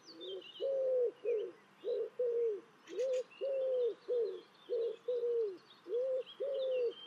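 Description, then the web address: Bird calls: a steady series of low, hollow cooing notes, some short and some drawn out, with faint high chirps from other birds above. "birddata Deverinetal 2025 Bird Only"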